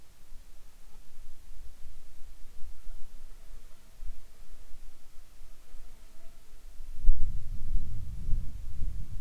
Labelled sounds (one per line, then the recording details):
wind
insects
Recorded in the Arctic National Wildlife Refuge, Alaska, on 7 July 2019 at 19:05
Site 41